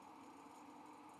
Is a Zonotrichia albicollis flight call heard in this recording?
no